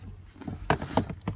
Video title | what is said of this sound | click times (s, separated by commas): From Portland to Installing Car Seats | Just snaps right in there. And click, and it says to always pull up. | 0.7 s